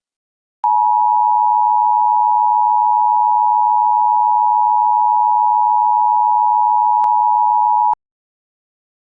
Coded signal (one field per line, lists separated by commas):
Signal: Emergency Alert System (SAME) tones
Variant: 853 and 960 Hz attention tone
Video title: Free EAS I guess??